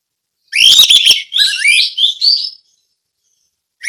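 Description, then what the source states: Orange-headed thrush song: a loud warbled burst of slurred whistles followed by a few shorter warbled phrases, then silence and the start of another phrase. Ngeplong song style.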